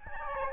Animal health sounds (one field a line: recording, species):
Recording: mosquito wingbeat signal from an infrared sensor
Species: Aedes albopictus